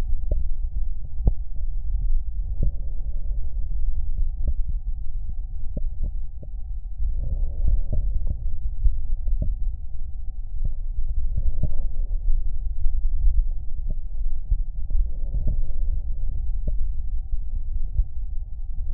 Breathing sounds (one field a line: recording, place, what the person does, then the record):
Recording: lung sounds by stethoscope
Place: right anterior apical chest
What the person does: quiet breathing, then deep breathing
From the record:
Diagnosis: asthma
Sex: female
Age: 72 years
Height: 160 cm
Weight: 63.4 kg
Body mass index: 24.8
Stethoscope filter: extended mode